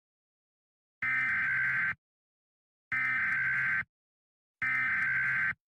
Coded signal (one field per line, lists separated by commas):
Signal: Emergency Alert System (SAME) tones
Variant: header bursts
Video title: EAS Amber Alert, and Administrative Message